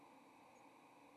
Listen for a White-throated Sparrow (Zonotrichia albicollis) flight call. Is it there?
no